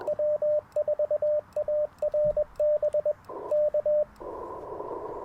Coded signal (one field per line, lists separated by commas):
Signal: Morse code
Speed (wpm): 21 wpm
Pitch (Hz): 600 Hz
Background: radio noise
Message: W4ARB K